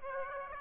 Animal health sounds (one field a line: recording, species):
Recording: mosquito wingbeat signal from an infrared sensor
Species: Aedes aegypti